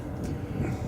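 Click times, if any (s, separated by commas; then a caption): none. An aircraft's flap selector lever is pushed down toward its 10-degree detent, heard as a steady low rumble with no sharp hit. Nothing has seated or clicked yet.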